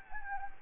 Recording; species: mosquito wingbeat signal from an infrared sensor; Anopheles gambiae